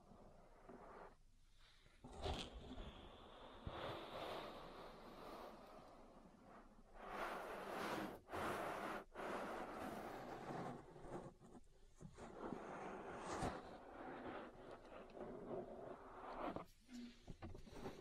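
Ear massage sounds, made of rubbing and scraping close against a microphone that rise and fall in uneven, dense bursts. Louder swells of friction come around 2, 7 to 9, and 13 seconds, with brief near-silent gaps between strokes and no voice.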